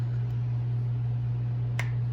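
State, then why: Seated. A new oil filter is pushed flat side first, with some force, into the grooved clip of the filter cover of a 2014–2021 Ski-Doo 900 ACE snowmobile engine (turbo or naturally aspirated). Over a steady low hum, a single sharp click sounds at 1.8 s. The filter is fully seated in the cover.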